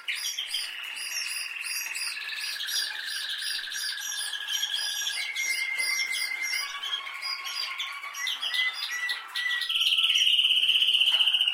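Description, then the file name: Canary delivering a varied song of sustained rolling trills at shifting pitches, ending in a loud, buzzy high trill. "Canary Voice"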